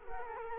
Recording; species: mosquito wingbeat signal from an infrared sensor; Culex quinquefasciatus